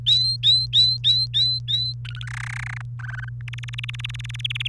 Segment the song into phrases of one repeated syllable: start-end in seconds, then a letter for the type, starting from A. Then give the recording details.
0.06-1.93 A, 2.05-2.26 B, 2.27-2.82 C, 2.99-3.29 D, 3.48-4.68 E. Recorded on 28 April 2018 at 05:50. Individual llb3